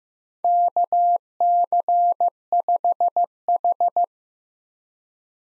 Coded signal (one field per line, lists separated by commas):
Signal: Morse code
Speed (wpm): 15 wpm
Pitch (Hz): 700 Hz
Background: none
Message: KC5H